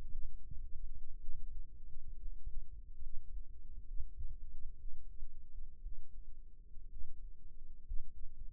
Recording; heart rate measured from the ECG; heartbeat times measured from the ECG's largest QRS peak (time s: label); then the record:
heart sounds by microphone in the right ear; 62 bpm
0.11 s: heartbeat
1.20 s: heartbeat
2.18 s: heartbeat
3.01 s: heartbeat
3.85 s: heartbeat
4.76 s: heartbeat
5.81 s: heartbeat
6.89 s: heartbeat
7.84 s: heartbeat
From the record:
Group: healthy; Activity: rest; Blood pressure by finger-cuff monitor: 119/64 mmHg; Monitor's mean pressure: 83 mmHg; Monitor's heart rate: 57 bpm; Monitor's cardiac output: 6.6 L/min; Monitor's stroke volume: 102 mL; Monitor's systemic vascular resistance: 930 dyn s/cm5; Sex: male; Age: 22 years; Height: 181 cm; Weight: 79 kg